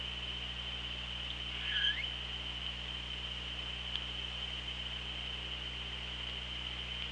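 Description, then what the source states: Killer whale call, one brief curling tonal cry that dips and rises in pitch, then a faint click, with constant underwater hiss, low hum and a steady high tone. OrcaLab hydrophone, 24 August 2017, 16:13:53.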